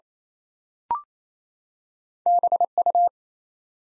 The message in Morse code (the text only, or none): BU